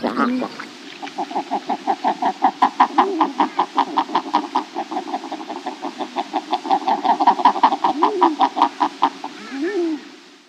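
King eider calls, a long fast series of regular clucking pulses with a few low arched cooing notes near the middle and end.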